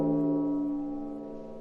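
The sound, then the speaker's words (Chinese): A single deep bell chime rings out at the opening of a concert, with rich, sustained overtones that hum steadily and slowly fade away, with no voices. “音乐会的钟声响起，最先听到的是音乐会的四个篇章的第一篇章，开天辟地，新民主主义革命时期。”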